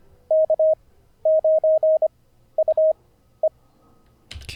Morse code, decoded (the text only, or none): K9UE